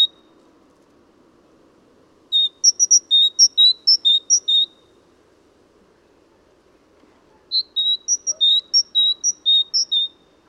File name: Mesange charbonniere chants